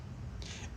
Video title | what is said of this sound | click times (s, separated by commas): ETOOLAB TW230I/TW50FTorque Wrench - Review | a much softer little click, but very | 0.4 s